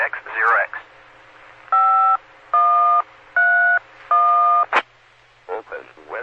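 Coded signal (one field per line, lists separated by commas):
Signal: DTMF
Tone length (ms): 470 ms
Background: speech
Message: 5131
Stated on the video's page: Central Arkansas Radio Emergency Net, amateur radio emergency net.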